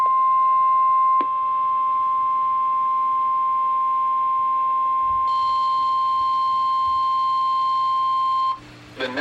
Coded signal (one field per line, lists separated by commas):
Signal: Emergency Alert System (SAME) tones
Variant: 1050 Hz attention tone